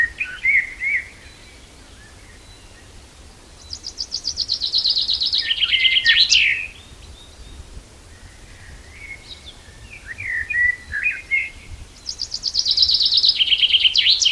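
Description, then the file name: Common chaffinch singing twice, each song a fast trill that steps down in pitch and ends in a flourish, with softer twittering between the songs. "Fringilla coelebs"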